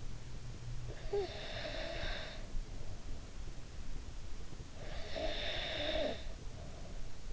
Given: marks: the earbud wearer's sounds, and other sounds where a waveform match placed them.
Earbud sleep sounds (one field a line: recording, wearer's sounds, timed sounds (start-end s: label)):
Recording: sounds in sleep by an in-ear microphone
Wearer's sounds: snoring breath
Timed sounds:
0.79-3.43 s: snoring breath
4.77-7.10 s: snoring breath